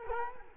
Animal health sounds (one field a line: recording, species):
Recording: mosquito wingbeat signal from an infrared sensor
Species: Culex quinquefasciatus